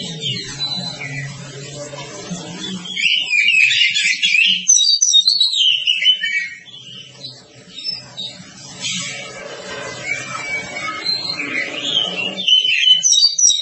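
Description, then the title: Oriental magpie-robin song: varied, rising and falling whistled phrases that come and go. Low humming and rumbling sounds run beneath much of the song. Song described as long-duration (durasi panjang). "Kacer Durasi Panjang"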